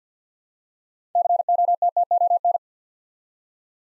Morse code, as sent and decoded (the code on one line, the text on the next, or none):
-.-. --- - - --- -.
COTTON